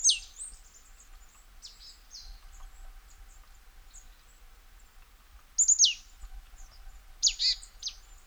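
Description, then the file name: Marsh tit calls: crisp, high notes falling steeply in pitch, some doubled, spaced irregularly over a quiet background. "Poecile palustris"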